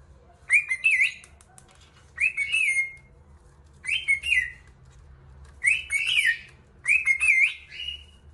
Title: Canto De 1 Hora Para Treinar Calopsita